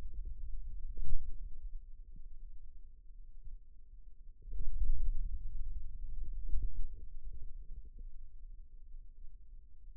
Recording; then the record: forearm muscle sounds (acoustic myography)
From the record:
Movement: pen grasping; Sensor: system 2, bracelet of six BSWA MPA416 microphones around the upper forearm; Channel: 2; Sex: male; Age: 22 years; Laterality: right